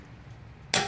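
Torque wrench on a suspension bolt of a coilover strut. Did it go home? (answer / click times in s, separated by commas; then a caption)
yes / 0.7 s. A torque wrench set to 103 ft-lb tightens a suspension bolt on a coilover strut during a car's coilover install. After a quiet low background, the wrench gives a single sharp click at 0.7 s, showing the bolt has reached the set torque.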